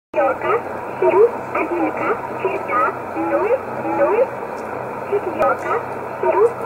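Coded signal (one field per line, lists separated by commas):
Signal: numbers station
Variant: S11a Cherta, Russian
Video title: 29 06 2020 S11a Cherta Numbers station in Russian 0701 on 9339 unknown tx site in USB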